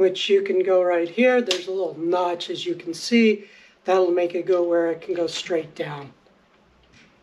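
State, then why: Not seated. A tripod head on a Joilcan 81"/83" DSLR tripod and monopod is moved toward the small notch in the head body so the camera can point straight down. Someone talks through most of the clip, and it falls quiet after about 6 seconds. Nothing has seated or clicked yet.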